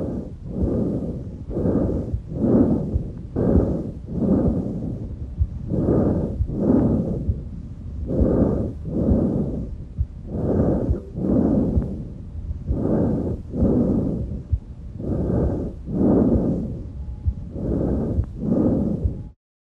Normal lung sounds heard over the trachea, called tracheal breath sounds. These sounds are heard well on both inspiration and expiration, and they are higher pitched and much louder than normal sounds heard over the central thorax.